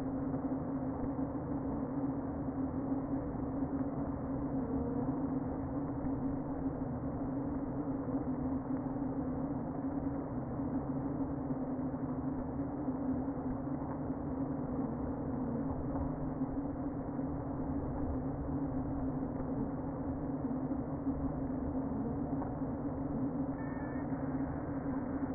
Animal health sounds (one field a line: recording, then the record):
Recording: honeybee colony, microphone inside the hive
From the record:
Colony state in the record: queen present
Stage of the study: before two queens were removed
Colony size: about 60,000 bees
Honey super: yes